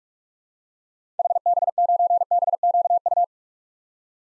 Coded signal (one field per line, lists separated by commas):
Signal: Morse code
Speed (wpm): 46 wpm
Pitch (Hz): 700 Hz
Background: none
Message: HB9BQU